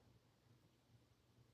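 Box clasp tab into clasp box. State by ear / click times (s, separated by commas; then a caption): not seated / none. The tab of a jewelry box clasp is handled near the clasp box, producing only a faint, steady low hum and soft background noise with no sharp transients. Nothing has seated or clicked yet.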